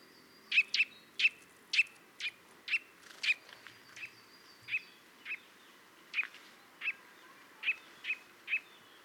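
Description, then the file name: Eurasian nuthatch giving a series of sharp, clear short calls at uneven intervals against a quiet background. "Sitta europaea"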